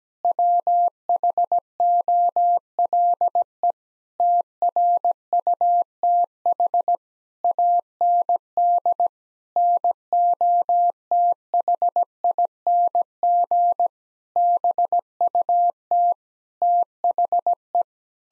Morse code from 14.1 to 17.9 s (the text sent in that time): BUT THE